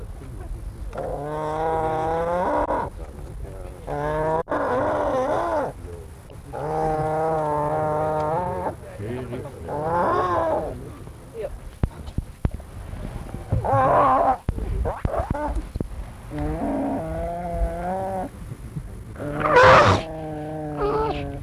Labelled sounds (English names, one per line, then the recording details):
Grey Seal call
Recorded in captivity
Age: juvenile
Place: Zoo Rostock, Mecklenburg-Vorpommern, DE
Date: 1962-05-06 10:00
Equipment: Minifon, Kopie Smaragd
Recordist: Tembrock, Günter